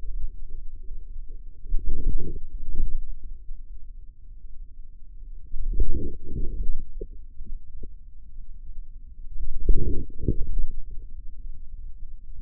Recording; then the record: forearm muscle sounds (acoustic myography)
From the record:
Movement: inward rotation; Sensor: system 2, bracelet of six BSWA MPA416 microphones around the upper forearm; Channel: 6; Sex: male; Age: 22 years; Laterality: right